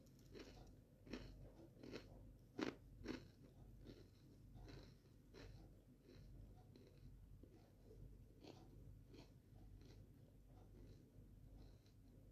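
Steady crunchy chewing of a sandwich, with repeated bites, the sharpest crunch near the three-second mark.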